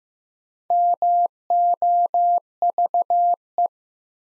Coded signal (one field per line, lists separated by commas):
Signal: Morse code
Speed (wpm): 16 wpm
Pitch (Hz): 700 Hz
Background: none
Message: MOVE